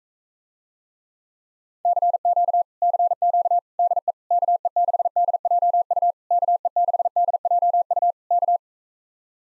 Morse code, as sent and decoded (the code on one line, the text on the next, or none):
-.-. --.- / -.-. --.- / -.. . / -.- . -.... -.. .--- ..- / -.- . -.... -.. .--- ..- / -.-
CQ CQ DE KE6DJU KE6DJU K